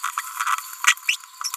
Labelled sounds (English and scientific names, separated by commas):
Green-rumped Parrotlet (Forpus passerinus) babbling